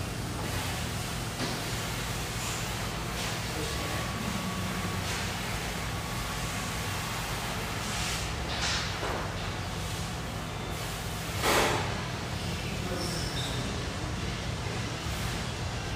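A steady hum fills an espresso house near the Vancouver riverfront, with a low continuous drone underneath and a dense wash of murmuring voices. Brief brighter clinks and hisses break through now and then, the loudest around eleven seconds in.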